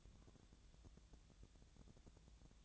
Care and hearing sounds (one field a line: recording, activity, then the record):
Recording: daily activity, microphone in the room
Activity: take from stove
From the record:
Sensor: 3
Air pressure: 1000.0 hPa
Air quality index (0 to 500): 126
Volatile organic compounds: 2 ppm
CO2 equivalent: 1133 ppm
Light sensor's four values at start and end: 40/101/43/48 and 40/101/43/48